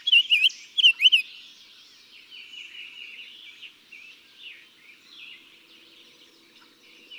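Summer tanager song opening with loud clipped looping whistles, followed by a long series of softer slurred, burry phrases.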